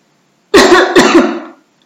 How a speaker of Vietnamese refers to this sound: Đáp lại anh vẫn là tiếng ho khan, khiến anh càng khẩn trương.